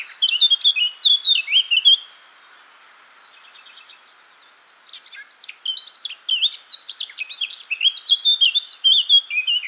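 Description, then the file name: Eurasian blackcap singing a rich, scratchy warble, a short burst, a pause with faint notes, then a longer run of varied whistled and chattering phrases. "Sylvia atricapilla"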